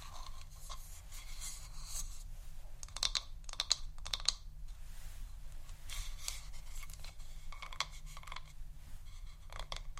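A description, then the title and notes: Crisp tapping sounds in quick clusters with short pauses between them, bright and clicky like fingertips or nails on hard surfaces, similar to typing. A few sharper taps stand out around three to four seconds. A low, steady hum sits underneath throughout. ASMR Intoxicating Tapping New Triggers（No Talking）.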